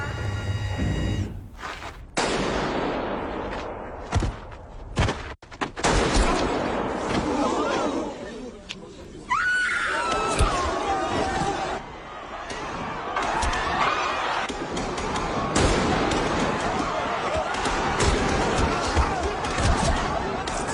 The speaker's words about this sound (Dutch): We horen hier hoe in aflevering 1 honderden mensen worden afgeschoten.